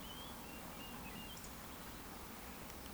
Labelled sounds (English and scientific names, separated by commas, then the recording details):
Eurasian Woodcock (Scolopax rusticola) whistle
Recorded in Baden-Württemberg, Germany, on 14 June 2020 at 19:59 UTC
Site 14569, 102 m above sea level